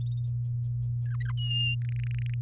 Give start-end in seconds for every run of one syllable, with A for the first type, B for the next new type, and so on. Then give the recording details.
1.05-1.32 A, 1.37-1.75 B, 1.81-2.34 C. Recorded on 6 May 2018 at 06:25. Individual llb16